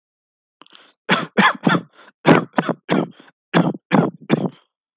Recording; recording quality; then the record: shallow voluntary cough; excellent, no background noise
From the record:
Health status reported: healthy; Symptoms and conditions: none ticked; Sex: male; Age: 25 years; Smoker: not ticked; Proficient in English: yes